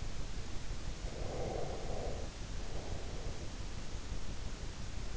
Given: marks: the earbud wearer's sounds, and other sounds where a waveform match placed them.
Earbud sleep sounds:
sounds in sleep by an in-ear microphone; breath
0.99-3.51 s: breath

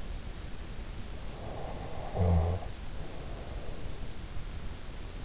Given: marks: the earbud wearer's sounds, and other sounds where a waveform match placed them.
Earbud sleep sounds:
sounds in sleep by an in-ear microphone; snoring breath
1.45-4.06 s: snoring breath

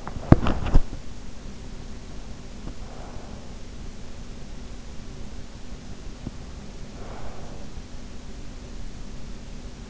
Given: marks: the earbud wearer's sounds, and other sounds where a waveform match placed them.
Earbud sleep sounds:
sounds in sleep by an in-ear microphone; body movement, breath
0.00-1.08 s: body movement
6.42-8.02 s: breath

